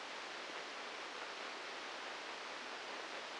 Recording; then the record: brain microelectrode recording played as sound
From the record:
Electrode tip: inside the subthalamic nucleus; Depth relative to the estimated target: -4 mm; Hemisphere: right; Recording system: NeuroSet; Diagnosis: Parkinson's disease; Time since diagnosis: 8 years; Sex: male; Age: 59 years